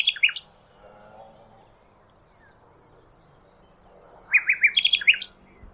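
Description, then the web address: Bird calls: a short burst of sharp, high descending chirps, a quiet gap with a faint thin whistle, then a rising run of rapid twittering notes. "Bird Only"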